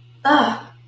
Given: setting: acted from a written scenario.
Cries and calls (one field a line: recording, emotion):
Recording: vocal sound without words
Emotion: pain